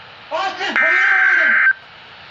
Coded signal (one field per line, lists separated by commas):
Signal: Emergency Alert System (SAME) tones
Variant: header bursts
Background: speech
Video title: Tornado Warning (EAS #775)